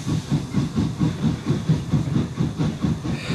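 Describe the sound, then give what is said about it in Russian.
A train gets under way from a station after the departure signal, with a steady, rapid rhythmic chugging and clatter over a constant background hiss, fairly loud and with no voices. “Садитесь с подножки, гражданин. Слышите, отправление дали.”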